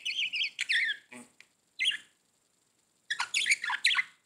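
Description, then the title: Budgerigar chatter, wavering chirps, a pause, then a renewed run of quick harsh notes. "Budgie Sounds"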